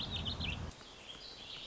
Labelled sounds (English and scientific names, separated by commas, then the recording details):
Warbling Vireo (Vireo gilvus)
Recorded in Sonoma County, California